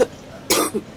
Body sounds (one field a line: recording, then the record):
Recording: coughing mixed with background sound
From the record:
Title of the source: 60 coughing still (deep and wet cough)